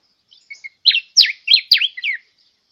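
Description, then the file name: Diuca finch singing a brief phrase: a few soft introductory chirps, then several louder slurred whistled notes in quick succession, the last ones softer. "Canto da diuca"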